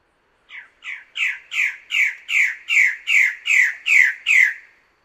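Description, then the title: Bird-of-paradise calling: a run of about eleven harsh, nasal squawks, two or three each second, building steadily louder, against a quiet background. Master song used for training songbirds. "Kicau Master Cendrawasih"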